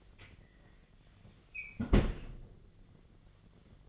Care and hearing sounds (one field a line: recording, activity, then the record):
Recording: daily activity, microphone in the room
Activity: close fridge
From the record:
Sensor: 4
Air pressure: 1010.6 hPa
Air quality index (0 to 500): 176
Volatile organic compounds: 5 ppm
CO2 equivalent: 1788 ppm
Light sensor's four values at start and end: 28/85/33/34 and 35/101/40/40